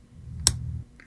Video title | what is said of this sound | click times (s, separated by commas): How to Install the Microswiss Flowtech Hotend on Bambulab X1C | Hear the click? I'll do it again. | 0.5 s